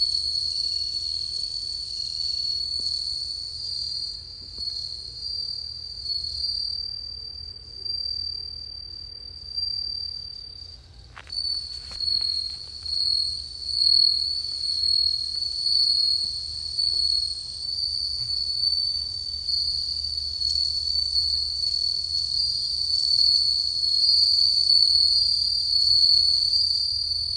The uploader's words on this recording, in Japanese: 秋の音。鈴虫 #秋。